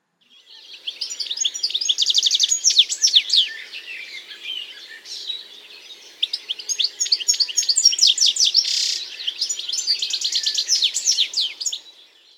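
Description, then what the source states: European goldfinch twitter: a rambling, fast jumble of tinkling high notes and short trills, with a quieter spell midway. Most common call is a pleasant rambling twitter; song mixes this call with other rattling notes; woodland birds.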